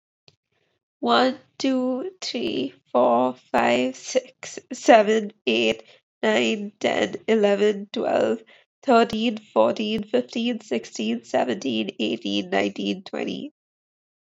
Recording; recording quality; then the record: counting at a normal pace; excellent, no background noise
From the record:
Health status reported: COVID-19 positive, mild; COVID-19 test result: positive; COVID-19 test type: rapid antigen test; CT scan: not taken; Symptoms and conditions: cough, cold, breathing difficulty, sore throat, fever, fatigue, muscle pain, diarrhoea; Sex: female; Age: 21 years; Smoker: no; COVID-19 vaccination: both doses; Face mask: not worn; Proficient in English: yes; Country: India